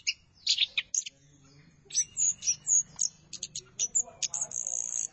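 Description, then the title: Thrush giving sharp high notes and thin buzzy phrases in quick bursts, with a soft low hum beneath. "burung anis x"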